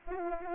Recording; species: mosquito wingbeat signal from an infrared sensor; Aedes albopictus